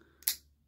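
A newly painted replacement flip key blade for an Alfa Romeo, Fiat or Abarth key case latches into the car key shell, with a faint tick at 0.2 s before a firm, sharp click at 0.3 s that quickly fades. The blade clicks solidly into place, unlike the worn, loose original, which no longer clicks nicely.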